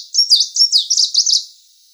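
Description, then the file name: Tickell's leaf warbler singing one brisk, high-pitched phrase of quick sliding notes, about one and a half seconds long, then fading. "Penochka zheltobrjuhaja"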